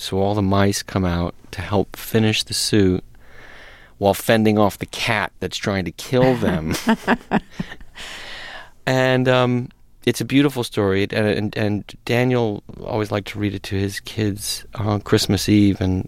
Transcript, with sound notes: So all the mice come out to help finish the suit while fending off the cat that's trying to kill them.
(Laughter).
And it's a beautiful story. And Daniel always liked to read it to his kids Christmas Eve,